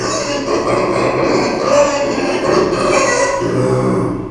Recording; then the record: squeal of a Yucatan mini pig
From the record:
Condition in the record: before surgery on the right vocal fold (resection and tissue-engineered implant); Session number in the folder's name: 1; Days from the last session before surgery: -3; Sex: male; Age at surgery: 12 weeks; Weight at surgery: 13 kg